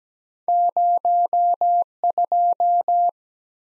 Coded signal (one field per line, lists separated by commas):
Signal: Morse code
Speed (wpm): 17 wpm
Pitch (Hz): 700 Hz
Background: none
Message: 0 2